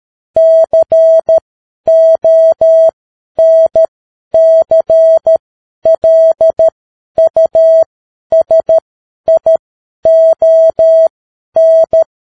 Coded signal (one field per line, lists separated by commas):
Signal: Morse code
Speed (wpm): 13 wpm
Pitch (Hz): 650 Hz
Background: none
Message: CONCLUSION